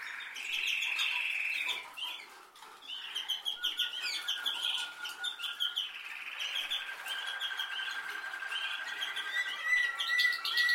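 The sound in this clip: Canary singing a steady trill that breaks into quick choppy notes, then settles into long, even, lower rolled tones near the end.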